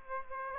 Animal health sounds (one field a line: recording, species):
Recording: mosquito wingbeat signal from an infrared sensor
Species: Aedes aegypti